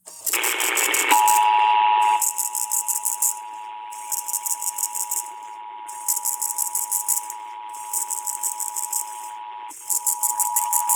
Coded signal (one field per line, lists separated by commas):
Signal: Emergency Alert System (SAME) tones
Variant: 853 and 960 Hz attention tone